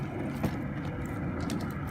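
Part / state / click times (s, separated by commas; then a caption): bucket lid onto sap collection bucket / not seated / none. A plastic lid with a sap hose inserted is pressed onto a sap collection bucket. A steady low rumble runs throughout, with brief handling knocks around 0.5, 1.5 and 1.9 seconds. Nothing has seated or clicked yet.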